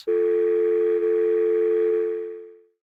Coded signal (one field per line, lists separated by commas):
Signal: telephone call progress tone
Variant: North America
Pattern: dial tone